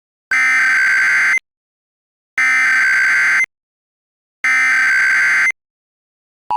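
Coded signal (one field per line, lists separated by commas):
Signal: Emergency Alert System (SAME) tones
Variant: header bursts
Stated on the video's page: Fictional mock EAS alert made with a macro tool.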